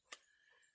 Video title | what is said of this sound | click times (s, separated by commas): In the woods with the Bacho Laplander | it folds out, and now it's locked into place to where you can't press it down. | 0.1 s